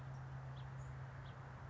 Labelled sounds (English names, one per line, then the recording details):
House Finch
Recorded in Sonoma County, California